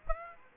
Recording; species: mosquito wingbeat signal from an infrared sensor; Aedes aegypti